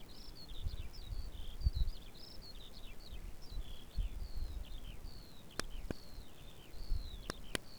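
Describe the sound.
Eurasian skylark singing a continuous high, fast warble of chirps and trills without pause, with low rumbling and a few sharp clicks underneath.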